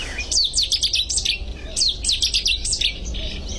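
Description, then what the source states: Cetti's warbler song, loud explosive bursts of sharp high notes delivered in two rapid phrases, with low rumbling background noise. Very loud; now a fairly common species in marshes.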